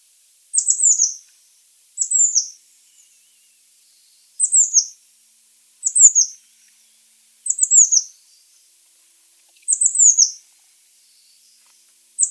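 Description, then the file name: Eurasian blue tit calls, short clusters of very high descending notes repeated about every two seconds, seven bursts in all. "Cyanistes caeruleus"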